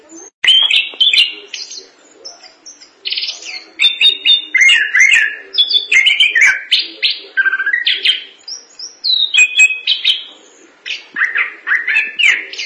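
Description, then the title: Thrush with a lively, rambling song of whistled slides, warbles and scratchy clicks, phrases tumbling one into the next with only brief gaps. "burung anis"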